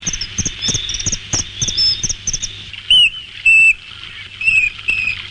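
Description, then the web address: Common kingfisher calls: a rapid run of thin, high ticking notes, followed by several shrill, piercing whistles with short gaps between them. "verdecammina canto martin pescatore"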